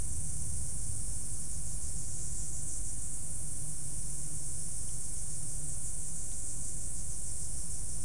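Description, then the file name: Insect chorus heard as an even, sustained high buzz that never pauses, with low rumbling noise underneath. "mainly insect"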